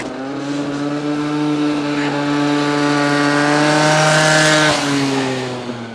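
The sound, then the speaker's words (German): A tuned scooter engine that burns a lot of oil whines at high revs, a buzzy, harmonic drone that swells steadily louder, then drops in pitch and fades as it passes by. “Jetzt weiß ich, wo der Typ mit dem frisierten Roller wohnt.”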